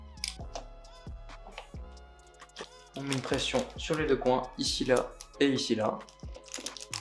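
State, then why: Not seated. A DDR5 memory stick is handled over a motherboard DIMM slot, about to be pressed down on both ends until its retention latches click, while someone talks over background music. Short, sharp handling taps are heard around 0.2, 0.6, 1.6, 6.5 and 6.9 seconds. The clip ends before the stick goes home, so nothing has seated or clicked yet.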